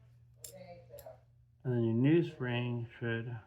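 A replacement metal spring is handled near its plate during a Glock 43X build. Two faint sharp clicks come at about 0.5 s and 1.0 s, then someone talks. The spring has not yet popped into the plate; nothing has seated yet.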